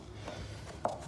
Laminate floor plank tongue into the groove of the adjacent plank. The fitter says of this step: and it kind of locks in place and then when you put it down it locks in you can see it's basically seamless